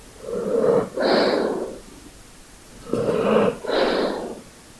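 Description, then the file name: Dog breathing in two pairs of long wheezy breaths, each pair of two close breaths, separated by a quiet gap. "dog asmr"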